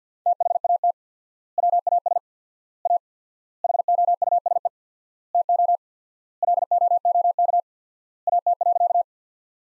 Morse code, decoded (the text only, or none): THAT WAS A HOUSE TO LOOK AT.